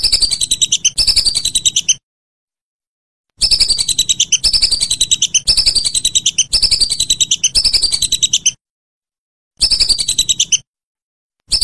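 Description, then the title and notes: Whistling duck: high, piping whistles delivered in fast one-second series, grouped in runs with silent breaks between them. "Kicau Burung Belibis"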